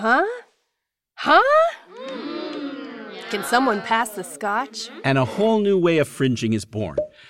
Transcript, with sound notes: Huh? Huh? [SOUND: MUCH HOOTING OF APPROVAL] Can someone pass the Scotch? And a whole new way of fringing is born.